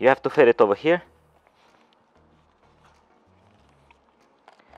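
Someone talks briefly at the start, then one end of a pressure washer hose is handled at the connector on the Handife pressure washer's main unit, with faint rustling and a few small taps near 1.5, 3.9 and 4.5 to 4.8 seconds. Nothing has seated or clicked yet; the clip ends just before the coupling goes home.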